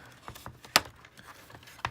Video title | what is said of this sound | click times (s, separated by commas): Toshiba Satellite Laptop E55-A5114 battery replacement | right yeah just popped right up alright | 0.8 s